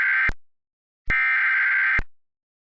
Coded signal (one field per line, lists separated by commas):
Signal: Emergency Alert System (SAME) tones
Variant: header bursts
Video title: An EAS Scenario - The Hum of Death [REMASTERED]